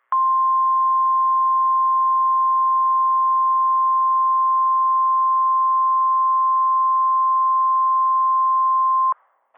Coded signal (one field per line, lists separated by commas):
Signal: Emergency Alert System (SAME) tones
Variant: 1050 Hz attention tone